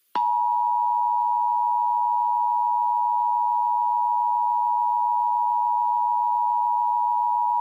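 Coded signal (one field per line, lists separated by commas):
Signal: Emergency Alert System (SAME) tones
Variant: 853 and 960 Hz attention tone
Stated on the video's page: High Wind Warning for Alaska on NOAA Weather Radio.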